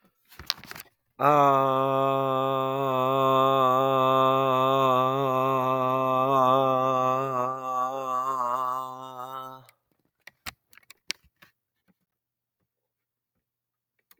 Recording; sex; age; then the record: vowel held as long as possible; male; 20 to 29 years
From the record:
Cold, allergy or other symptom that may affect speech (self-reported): no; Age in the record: 28 years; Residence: Minnesota, United States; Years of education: 12